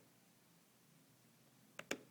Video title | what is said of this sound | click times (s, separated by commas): Yao - diffuseur d'huiles essentielles Pranarom | Clic, voilà, vous voyez, il l'a fixé très facilement et il l'a reclipsé en dessous de la membrane | 1.8 s, 1.9 s